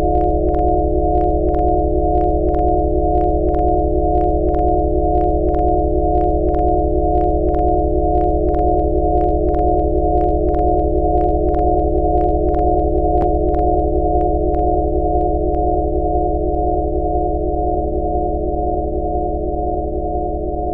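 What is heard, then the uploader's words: Several pure sine tones sound together as a steady low drone, their slightly different pitches beating against each other in a regular, pulsing wobble. Short bright ticks repeat about every half second, and one low tone shifts pitch near the end. Made with only pure sinusoidal signals. All rhythmic variation is observed due to pitch differences between the various signals interfering with each other constructively and destructively.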